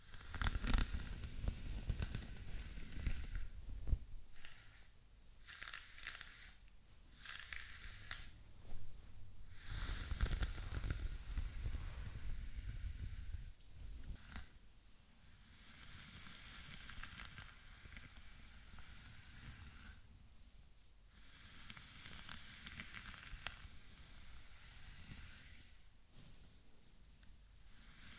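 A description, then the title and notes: Scratching and brushing on a scalp comes in rough, rustling strokes, heavier and denser early on, then softer, bristly sweeps with brief pauses. ASMR Relaxing Hair Brushing, Scalp Scratching/Treatment and Massage.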